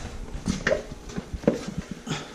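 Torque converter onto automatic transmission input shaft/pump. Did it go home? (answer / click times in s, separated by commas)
yes / 0.7 s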